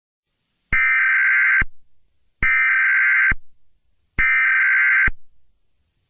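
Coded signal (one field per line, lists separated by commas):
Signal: Emergency Alert System (SAME) tones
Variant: header bursts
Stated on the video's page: Fictional EAS scenario, not a real alert.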